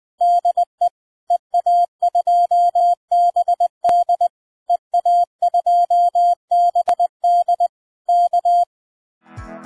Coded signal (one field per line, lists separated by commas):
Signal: Morse code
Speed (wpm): 20 wpm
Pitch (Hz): 700 Hz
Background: music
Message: DE EA2BD EA2BD K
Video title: Short multiband vertical HF antenna (Antena corta de HF)